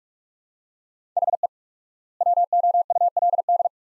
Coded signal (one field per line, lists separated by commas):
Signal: Morse code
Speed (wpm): 43 wpm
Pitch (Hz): 700 Hz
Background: none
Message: HE WOULD